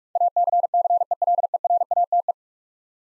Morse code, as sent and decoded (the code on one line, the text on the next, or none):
.- -.-. -.-. . .-.. . .-. .- - .
ACCELERATE